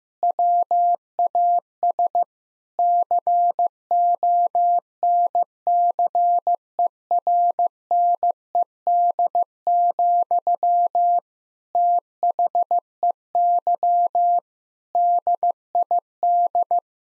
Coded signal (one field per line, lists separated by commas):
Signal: Morse code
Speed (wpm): 16 wpm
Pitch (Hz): 700 Hz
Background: none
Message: WAS CONCERNED, THEY DID